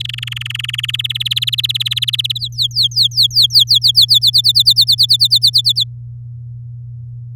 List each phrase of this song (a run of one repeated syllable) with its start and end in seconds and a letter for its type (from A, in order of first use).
0.00-0.91 A, 0.93-2.38 B, 2.39-4.19 C, 4.21-5.84 D